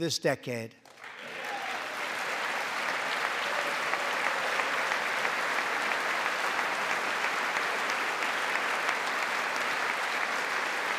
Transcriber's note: applause